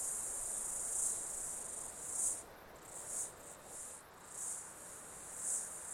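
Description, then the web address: Insects in a shrill high chorus rising and falling in loudness in uneven pulses about once a second. Insects during an Australian summer, outdoors. "Foundation 1 AMBIENCE AUSTRALIAN SUMMER INSECTS"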